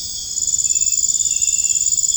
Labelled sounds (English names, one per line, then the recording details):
none
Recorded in dense forest near Puerto Asís, Putumayo, Colombia, on 29 June 2025 at 02:30
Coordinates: 0.481, -76.323
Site G072